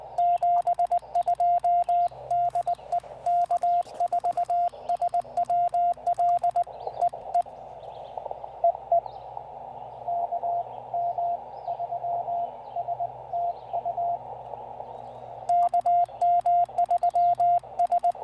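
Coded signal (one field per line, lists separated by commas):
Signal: Morse code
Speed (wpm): 19 wpm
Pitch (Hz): 700 Hz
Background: radio noise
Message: 72 DE K4SWL E E E E KM3S TU KM3S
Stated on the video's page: QRP Parks on the Air activation with a Yaesu FT-818ND into a 40-meter end-fed half-wave Spooltenna, keyed with a BaMaKeY TP-III.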